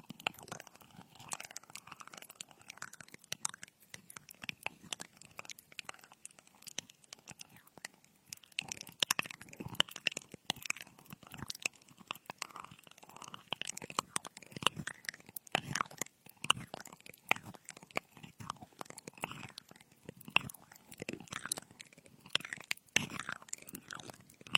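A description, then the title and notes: Crunchy scratching of a frosted bath ball rubbed against the ear, a dense run of crisp crackles and pops. Quieter for the first eight seconds, then louder and busier, with bright sharp snaps scattered throughout and a soft murmur underneath. Frosted Bath Ball Ear Picking Experience.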